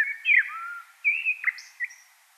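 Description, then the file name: Common blackbird song: a short run of fluted, warbling whistles that dips and rises, finishing with a thin, high squeaky flourish. "Turdus merula"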